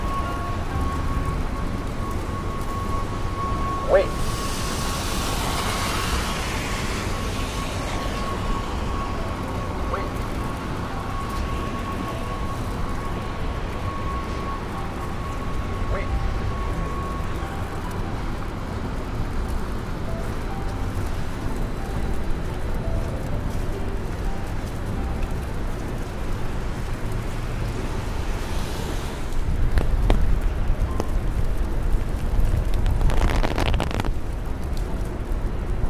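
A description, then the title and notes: A rainy day in New York: a steady low rumble of traffic and rain fills the whole stretch. A vehicle swishes past around five seconds, and a faint tone hums until about seventeen seconds. Louder passing hiss near thirty and thirty-three seconds. Raining Day In New York.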